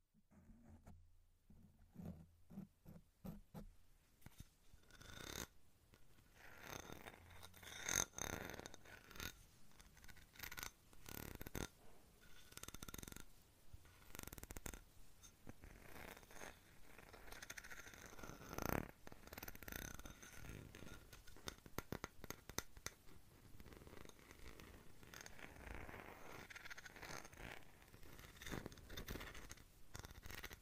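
Handling of a glass bottle, duct tape, a bag of safety pins and a seashell: quiet sparse clicks open the first few seconds, then dense rustling and scraping with sharp ticks and rattles continues unevenly to the end. Brief louder bursts come around 8 and 19 seconds.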